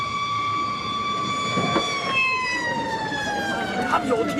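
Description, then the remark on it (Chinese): A fire engine siren wails steadily as the fire engine arrives, its high harmonic tones slowly gliding downward in pitch over a few seconds, loud and continuous above a low rumble of background noise. “消防车也来了。”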